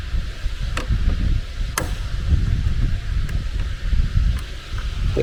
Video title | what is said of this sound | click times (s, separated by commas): Ford Explorer Replace Fuel Injector and Throttle Body | Oh yan nag-lock | 1.8 s